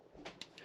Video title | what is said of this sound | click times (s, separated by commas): Taken 9 Volt Batteries 4 Pack USB Rechargeable - Review | you hear that click there's a little click | 0.4 s